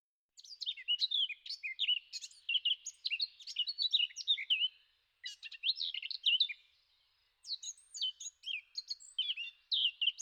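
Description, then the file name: Eurasian blackcap warbling in three bursts of fast, jumbled twittering notes, with short pauses between them. "zwartkop"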